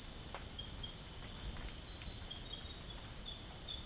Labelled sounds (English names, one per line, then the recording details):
none
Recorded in secondary vegetation near Puerto Asís, Putumayo, Colombia, on 24 March 2025 at 04:00
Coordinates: 0.489, -76.322
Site G042